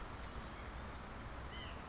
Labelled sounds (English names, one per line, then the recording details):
White-breasted Nuthatch
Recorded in Sonoma County, California